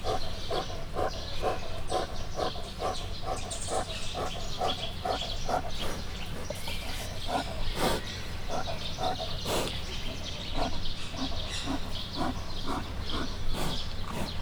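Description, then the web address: Brown bear huffing steadily, a long series of short, rasping, puffed breaths at a fast regular pace, over a faint low rumble. Captive brown bear in a zoo in Miskolc, 2018, heard from above while breathing and snuffling. "miskolcizoo 2018 professzionalis barna medve"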